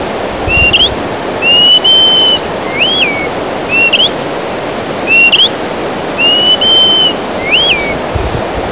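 Greater pewee repeating bright whistles, rising flicks, long steady notes and arched slurs, roughly seven phrases in quick succession, against a continuous hiss.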